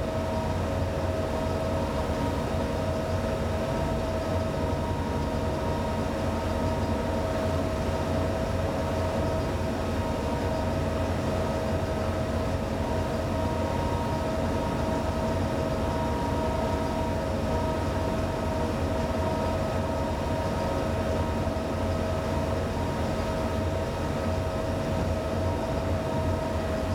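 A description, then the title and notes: A police boat's engine drones steadily and loudly throughout, a dense low rumble with constant whining tones above it and no breaks. Police Watercraft on a Task.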